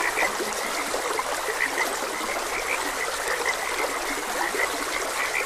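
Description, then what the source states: Frogs giving short repeated chirps in an overlapping chorus, with constant trickling water in the background. Frogs croaking beside a gentle stream; nature ambience.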